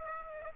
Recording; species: mosquito wingbeat signal from an infrared sensor; Aedes aegypti